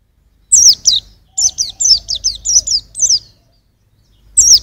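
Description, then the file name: White-eye singing high, thin, down-slurred chirps: two notes, a pause, a rapid series, then another pause and a single sweeping note. "suara burung pleci usro"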